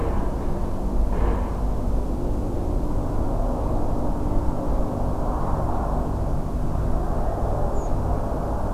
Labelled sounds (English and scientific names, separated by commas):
Redwing (Turdus iliacus)